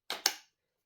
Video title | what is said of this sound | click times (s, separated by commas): McGregor Cordless Grass Trimmer Unboxing & Review MCT2X1825 | so it's a simple case of literally just getting your battery and pushing to here a little click | 0.1 s, 0.3 s